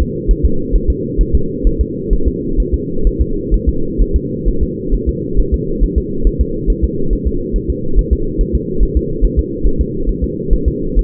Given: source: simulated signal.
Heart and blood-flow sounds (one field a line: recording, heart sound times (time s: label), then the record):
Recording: fetal heart sounds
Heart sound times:
0.02 s: S2
0.31 s: S1
0.45 s: S2
0.76 s: S1
0.90 s: S2
1.21 s: S1
1.35 s: S2
1.67 s: S1
1.81 s: S2
2.13 s: S1
2.28 s: S2
2.60 s: S1
2.74 s: S2
3.07 s: S1
3.21 s: S2
3.54 s: S1
3.69 s: S2
4.01 s: S1
4.16 s: S2
4.48 s: S1
4.63 s: S2
4.94 s: S1
5.09 s: S2
5.39 s: S1
5.54 s: S2
5.84 s: S1
5.98 s: S2
6.27 s: S1
6.41 s: S2
6.70 s: S1
6.84 s: S2
7.13 s: S1
7.27 s: S2
7.56 s: S1
7.70 s: S2
7.99 s: S1
8.13 s: S2
8.41 s: S1
8.55 s: S2
8.83 s: S1
8.97 s: S2
9.24 s: S1
9.39 s: S2
9.66 s: S1
9.81 s: S2
10.09 s: S1
10.24 s: S2
10.53 s: S1
10.68 s: S2
10.99 s: S1
From the record:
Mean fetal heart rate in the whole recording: 135 bpm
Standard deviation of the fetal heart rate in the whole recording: 3 bpm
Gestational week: 36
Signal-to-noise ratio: -8.1 dB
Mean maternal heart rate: 72 bpm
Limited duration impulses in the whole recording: present